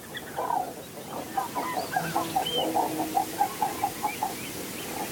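A mother common eider, tending a whole crèche of chicks, calls to her ducklings with a steady run of short, low clucking notes, repeated about a dozen times in an even rhythm over a constant background hiss. Recorded at the Slufter on Texel, the Netherlands.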